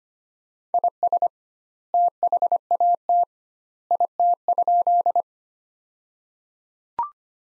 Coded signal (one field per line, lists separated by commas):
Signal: Morse code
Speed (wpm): 25 wpm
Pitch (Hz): 700 Hz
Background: none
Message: IS THAT IT?